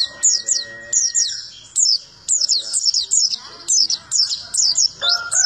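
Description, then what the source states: White-eye singing a fast series of sharp, high, down-slurred chirps in short groups, almost continuous. Song described as melodious and long.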